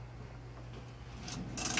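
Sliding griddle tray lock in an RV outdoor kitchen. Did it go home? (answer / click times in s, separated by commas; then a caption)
no / none. The sliding griddle tray on the outdoor kitchen of a 2024 Venture RV SportTrek 291VRK is handled as it is pulled out toward its open, latching position. A steady low hum runs under soft rubbing and sliding noise that grows brighter and louder toward the end, with a brief sharper burst at about 1.8 s. The lock has not latched and nothing has seated or clicked yet.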